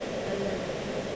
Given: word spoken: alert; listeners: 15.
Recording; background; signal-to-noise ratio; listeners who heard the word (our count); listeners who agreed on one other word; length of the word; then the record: one English word in noise, from a listening test; speech-shaped noise; -4.9 dB; 1 of 15; 8 of 15; 0.76 s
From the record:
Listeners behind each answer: 8, 1, 1, 1, 1, 1, 1, 1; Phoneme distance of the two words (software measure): 20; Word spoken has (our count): 2 syllables, 4 phonemes, stress on syllable 2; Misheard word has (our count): 2 syllables, 4 phonemes, stress on syllable 2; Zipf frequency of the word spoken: 4.03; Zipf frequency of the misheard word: 5.03